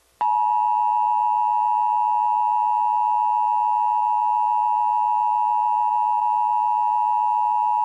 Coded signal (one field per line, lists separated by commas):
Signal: Emergency Alert System (SAME) tones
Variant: 853 and 960 Hz attention tone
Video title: Emergency Alert System | Iowa Required Monthly Test (RMT) | 5/2/2018